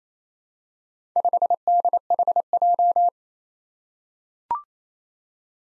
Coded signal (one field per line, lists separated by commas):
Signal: Morse code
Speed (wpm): 28 wpm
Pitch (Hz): 700 Hz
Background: none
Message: 5DHJ